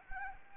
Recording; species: mosquito wingbeat signal from an infrared sensor; Anopheles gambiae